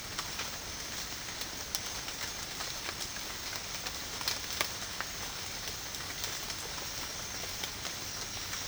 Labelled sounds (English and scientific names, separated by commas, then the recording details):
none
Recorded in pastures near Puerto Asís, Putumayo, Colombia, on 12 March 2025 at 08:30
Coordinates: 0.502, -76.324
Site GP07